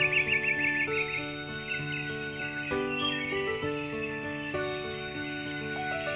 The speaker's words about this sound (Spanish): ¡Ya amaneció! ¡Escuchen los pajaritos cómo cantan!